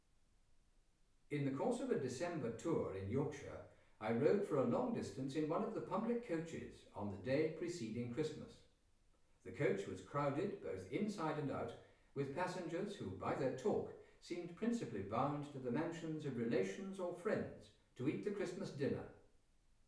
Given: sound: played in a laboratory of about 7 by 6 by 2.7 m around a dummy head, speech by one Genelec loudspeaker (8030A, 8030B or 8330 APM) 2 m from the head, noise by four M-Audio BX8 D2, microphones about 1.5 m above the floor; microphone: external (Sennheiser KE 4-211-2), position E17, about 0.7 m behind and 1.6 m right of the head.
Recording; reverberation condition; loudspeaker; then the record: male speech in English; medium; 90 degrees to the left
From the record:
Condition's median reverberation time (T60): about 510 ms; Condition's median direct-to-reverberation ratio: about -0.5 dB